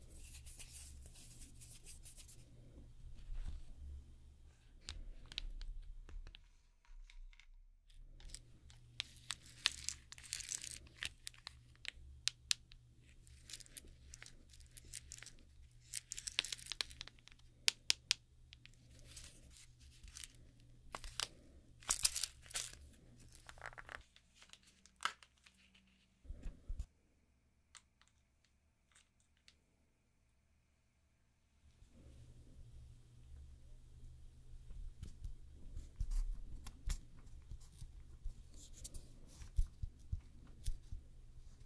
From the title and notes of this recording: ASMR Doing Your Nails Nail Extension & Gel Nail (No Talking).